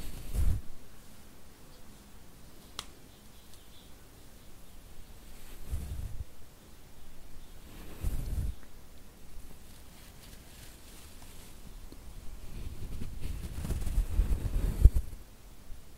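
Soft tapping, scratching and brushing on a camera lens, with short low thumps and scrapes near the start, around 6 and 8 seconds, and a longer rougher stretch from about 12 to 15 seconds. A sharp click lands near 3 seconds, over a quiet hiss.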